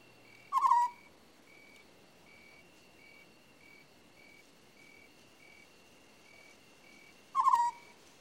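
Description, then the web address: African scops owl, two brief burry trills about seven seconds apart, with rhythmic insect chirping and a thin steady tone behind. "The BBC Sound Effects Library. African Scops Owl"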